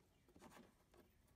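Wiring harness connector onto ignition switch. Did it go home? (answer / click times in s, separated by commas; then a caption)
no / none. Under the console of a riding lawn mower, the plastic wiring harness connector is handled and lined up with the back of the new ignition switch before being pressed on. Soft rustling and scraping handling noises rise around 0.3 to 0.6 seconds and again near 1.0 second over a low steady background. Nothing has seated or clicked yet.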